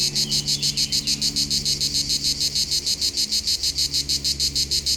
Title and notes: 39 Rue De BOVERON, 73310 Vions, France - Rythmique des cigales. Par une chaude journée d'été les cigales locales sont en pleine activité au pied du Molard de Vions